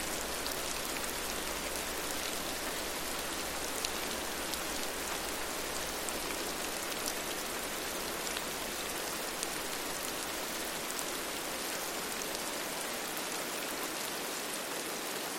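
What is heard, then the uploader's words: Steady rain patters densely outside, a constant bright hiss dotted with faint droplet ticks, with a low rumble underneath and no change throughout. Rainy Sunday. The rain pitter patters outside. Water droplets run down the glass.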